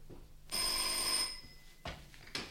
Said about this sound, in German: Vorgestern Abend nun, wir saßen gerade beim Abendbrot. Ja? Da klingelte das Telefon.